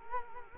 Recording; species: mosquito wingbeat signal from an infrared sensor; Culex quinquefasciatus